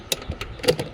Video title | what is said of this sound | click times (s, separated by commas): Jeep Grand Cherokee windshield wiper arm removal. | you heard it click | 0.1 s